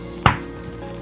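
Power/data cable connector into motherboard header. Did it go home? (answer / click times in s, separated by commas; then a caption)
yes / 0.3 s. A keyed power/data cable plug is lined up with the notch on a motherboard header and pushed in firmly, giving a single sharp click at 0.3 s over steady background music. The connector is seated in the motherboard port.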